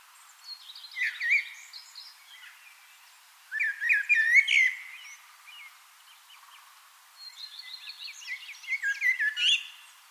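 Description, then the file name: Common blackbird singing three separate phrases of warbling mixed with squeaky, jumbled twittering, with pauses between them. "Turdus merula"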